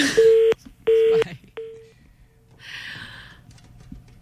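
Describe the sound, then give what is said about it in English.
A phone line goes dead after a call is hung up: two loud steady beeps and a shorter, fainter third tone, followed by a soft breathy rush of line noise. “Uy, kala ba walang baba ng phone?”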